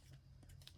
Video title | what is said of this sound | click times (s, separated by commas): *NEW* HUGE TEMU HAUL -- YOU WON’T BELIEVE WHAT I FOUND | it locks in place these little things | 0.7 s